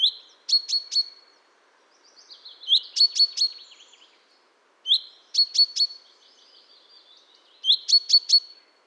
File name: Fringilla coelebs